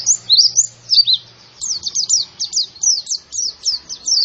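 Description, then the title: White-eye song: high, rapid twittering of short up-and-down chirps, then after a brief pause phrases of sharp downslurred notes in quick succession toward the end. Young bird; described as gacor, meaning singing vigorously and continuously. "Pleci Gacor. Anakan Pleci"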